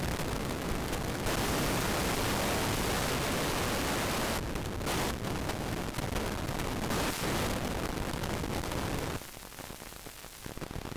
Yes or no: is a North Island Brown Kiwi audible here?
no